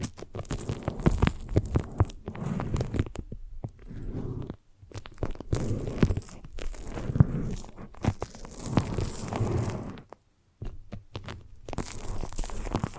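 Foamy, sticky squishing comes in dense, crackly bursts over soft low thumps, pausing briefly near four seconds and falling silent just after ten.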